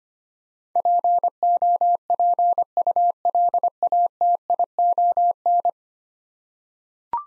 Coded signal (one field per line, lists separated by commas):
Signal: Morse code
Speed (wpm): 25 wpm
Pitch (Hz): 700 Hz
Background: none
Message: POPULATION